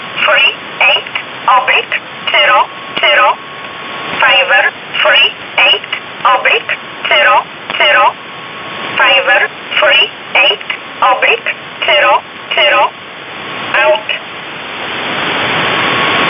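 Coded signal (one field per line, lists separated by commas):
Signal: numbers station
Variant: E11 Oblique, English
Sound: synthetic-sounding voice reading short words at an even pace over a radio hiss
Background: radio static, faint tone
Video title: 27 05 2019 E11 Oblique Numbers station in English 0900 on 7439 unknown tx site in USB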